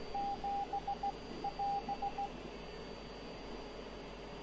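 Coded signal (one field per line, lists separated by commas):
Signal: Morse code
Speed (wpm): 17 wpm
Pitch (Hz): 800 Hz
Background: radio noise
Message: 7 <AS>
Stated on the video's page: Special Morse broadcast by German maritime weather station on longwave 147.3 kHz, 20 kW transmitter, Titanic memorial, normally RTTY weather teletype.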